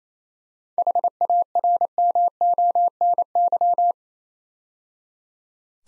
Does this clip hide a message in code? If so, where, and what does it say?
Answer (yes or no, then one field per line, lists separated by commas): yes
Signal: Morse code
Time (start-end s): 0.8-3.9 s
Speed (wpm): 28 wpm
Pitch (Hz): 700 Hz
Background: none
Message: HARMONY